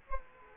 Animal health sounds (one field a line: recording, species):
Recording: mosquito wingbeat signal from an infrared sensor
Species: Culex quinquefasciatus